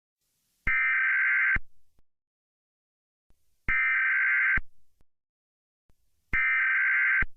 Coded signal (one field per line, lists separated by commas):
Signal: Emergency Alert System (SAME) tones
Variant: header bursts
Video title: Emergency Alert: Southern Militia Forces Gathering